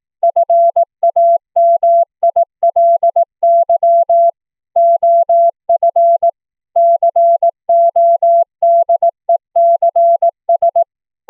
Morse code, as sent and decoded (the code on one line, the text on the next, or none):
..-. .- -- .. .-.. -.-- / --- ..-. / -.-. --- -.. . -.-. ...
FAMILY OF CODECS